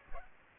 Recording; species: mosquito wingbeat signal from an infrared sensor; Aedes aegypti